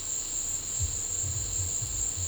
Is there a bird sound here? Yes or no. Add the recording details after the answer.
no. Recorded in pastures near Puerto Asís, Putumayo, Colombia, on 22 December 2024 at 15:30. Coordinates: 0.496, -76.326. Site G004